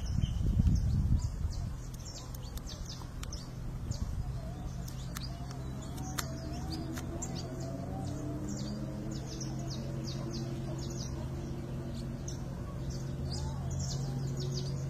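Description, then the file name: Blue-winged parrotlet calls: many faint high twittering chirps running almost continuously over a steady low hum, with a low rumble in the first two seconds. "canto do Periquito de asa azul"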